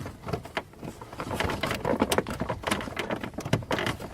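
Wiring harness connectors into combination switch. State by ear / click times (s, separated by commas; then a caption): not seated / none. Two plastic wiring harness connectors are handled and pushed toward the new combination turn signal switch on the steering column of a Jeep Cherokee, giving a run of light plastic taps, rattles and brief sharp knocks. Nothing has seated or clicked into place yet.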